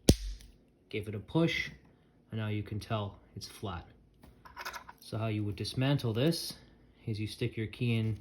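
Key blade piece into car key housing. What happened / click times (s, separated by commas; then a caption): The plastic key housing snapped together / 0.1 s. The two plastic halves of a 928 car key housing, with the key blade piece inside, are pushed together and lock into place with a single loud, sharp snap at 0.1 s. The housing then sits flat, fully seated, while someone talks.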